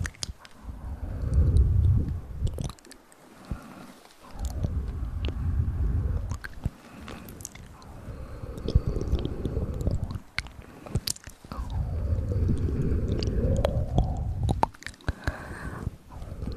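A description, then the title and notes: Wet mouth sounds and squishy rubbing in slow swelling waves, with sharp clicks and pops scattered throughout and brief quiet gaps between. Intense Ear Massage & Mouth Sounds.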